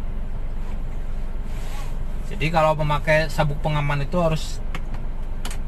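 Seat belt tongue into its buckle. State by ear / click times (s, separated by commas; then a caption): seated / 4.8 s, 5.5 s. A driving instructor fastens a car seat belt, pushing the metal tongue into its buckle while someone talks. Sharp, short clicks are heard at 4.8 s and 5.5 s as the tongue clicks home and the belt is seated. It is fastened properly until it makes a click.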